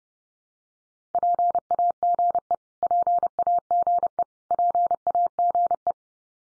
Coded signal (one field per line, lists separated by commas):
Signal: Morse code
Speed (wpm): 30 wpm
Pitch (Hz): 700 Hz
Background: none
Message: PAGE PAGE PAGE